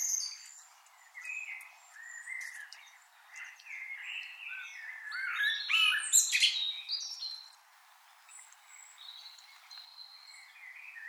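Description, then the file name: Common blackbird soft fluted warbling with scattered high twittering notes and a faint background hiss. "Turdus merula"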